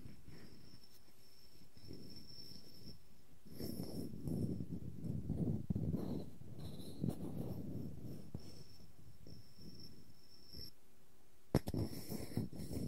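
Wooden objects are scratched and rubbed, giving a rough, grainy rustle in the low range that swells and fades in uneven strokes, busiest between four and seven seconds. A thin steady whine sits high above throughout. Sharp taps stand out near eleven and a half seconds.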